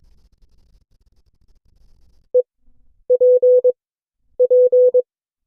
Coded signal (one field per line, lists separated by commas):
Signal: Morse code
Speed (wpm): 22 wpm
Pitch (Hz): 500 Hz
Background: none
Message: E P P